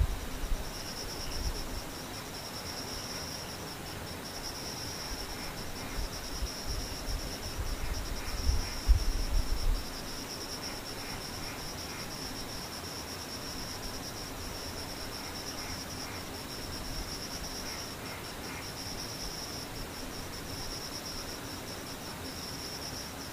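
Insects chirr steadily throughout, a dense, high, continuous trill with a faint pulsing shimmer and fainter chirps repeating in small clusters. A low rumble swells in the background during the first ten seconds, strongest near the ninth second, then fades away.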